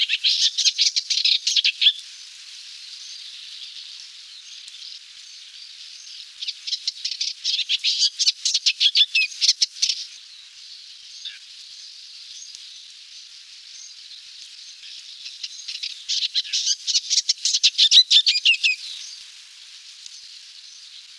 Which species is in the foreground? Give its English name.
Eastern Olivaceous Warbler